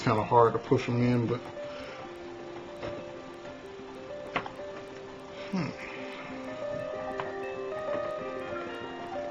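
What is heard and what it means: A soldered Hobby King HXT 4 mm bullet contact is pushed by hand into its plastic connector housing while someone talks over background music. A few brief sharp sounds occur, but nothing has seated or clicked yet.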